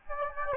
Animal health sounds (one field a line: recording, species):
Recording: mosquito wingbeat signal from an infrared sensor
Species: Anopheles gambiae